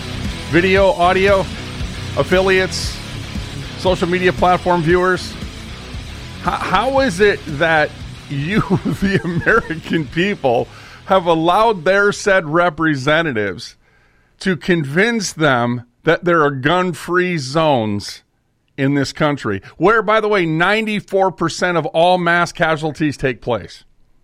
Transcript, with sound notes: Video? Audio? Affiliates? Social media platform viewers? Ho- how is it that you, (laughs) the American people, have allowed their said representatives to convince them that there are gun-free zones in this country? Where, by the way, 94% of all mass casualties take place.